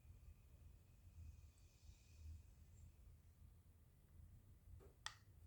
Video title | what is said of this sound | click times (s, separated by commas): Ford Focus Intake practical demonstration. Check MAF Thermostat in the returned duct air filter. | Hear that click noise? So it's adjusted. | 5.1 s